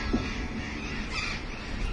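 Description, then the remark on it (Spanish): Burrowing parrots calling in a steady, overlapping chorus of harsh, raspy squawks, moderately loud over a dense, noisy background with no voices. “Hay algunos loros barranqueros dando vueltas. Ahí prendí la maquinita.”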